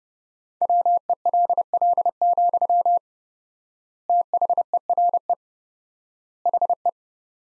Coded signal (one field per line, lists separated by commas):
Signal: Morse code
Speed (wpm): 30 wpm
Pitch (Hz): 700 Hz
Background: none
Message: WELL, THERE HE